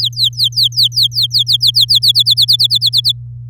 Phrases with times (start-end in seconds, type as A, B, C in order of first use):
0.01-2.12 A, 2.15-3.12 B